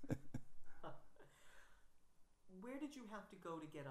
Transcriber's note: chuckles